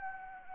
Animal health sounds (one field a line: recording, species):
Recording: mosquito wingbeat signal from an infrared sensor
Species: Anopheles gambiae